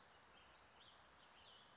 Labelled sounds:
Cassin's Vireo (Vireo cassinii)
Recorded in Sonoma County, California

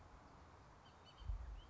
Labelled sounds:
Bullock's Oriole (Icterus bullockii)
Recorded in Sonoma County, California

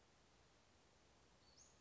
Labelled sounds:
Western Flycatcher (Empidonax difficilis)
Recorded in Sonoma County, California

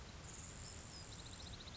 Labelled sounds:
Grasshopper Sparrow (Ammodramus savannarum)
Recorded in Sonoma County, California

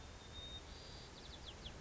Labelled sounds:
White-crowned Sparrow (Zonotrichia leucophrys)
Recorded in Sonoma County, California

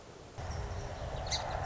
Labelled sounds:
Song Sparrow (Melospiza melodia)
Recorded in Sonoma County, California

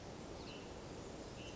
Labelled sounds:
Hutton's Vireo (Vireo huttoni)
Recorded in Sonoma County, California

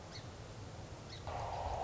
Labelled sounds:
Song Sparrow (Melospiza melodia)
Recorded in Sonoma County, California

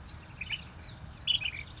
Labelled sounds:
Ash-throated Flycatcher (Myiarchus cinerascens)
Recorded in Sonoma County, California

